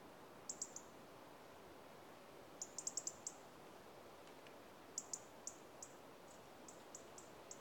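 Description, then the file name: European robin call notes: sharp, high-pitched ticks in short rapid bursts, then a looser string of single ticks near the end, with faint background hiss. "Erithacus rubecula - European Robin"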